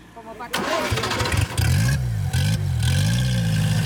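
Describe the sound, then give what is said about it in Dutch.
A small Seat 600 car engine, one of a row of Seat 600 cars at a reunion of Seat enthusiasts in Madrid, Spain, cranks and catches with a clattering burst, then revs repeatedly, its buzzy mid-pitched drone rising and dipping in steady waves. “In Madrid langs een rijtje Seat 600 auto's.”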